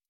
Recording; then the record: hydrophone in a shrimp aquaculture tank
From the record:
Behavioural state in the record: stressed